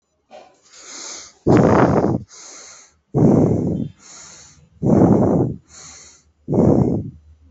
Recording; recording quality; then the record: shallow breathing; excellent, no background noise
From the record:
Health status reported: healthy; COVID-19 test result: not tested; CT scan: not taken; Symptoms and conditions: none ticked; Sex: male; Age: 25 years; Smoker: no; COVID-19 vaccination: one dose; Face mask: not worn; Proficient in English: yes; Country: India